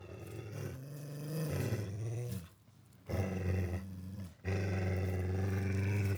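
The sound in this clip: Dog growling in deep, rumbling stretches that each last a second or more, broken by two brief pauses, the last growl long and steady.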